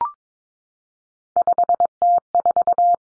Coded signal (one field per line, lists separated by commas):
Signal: Morse code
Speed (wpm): 22 wpm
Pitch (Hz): 700 Hz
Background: none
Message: 5T4